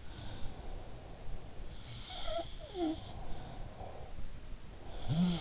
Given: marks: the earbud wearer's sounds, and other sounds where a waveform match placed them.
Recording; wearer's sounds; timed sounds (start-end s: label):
sounds in sleep by an in-ear microphone; breath
0.00-2.07 s: breath
1.83-4.43 s: sound from someone else or the room
2.79-4.48 s: breath
4.60-5.41 s: sound from someone else or the room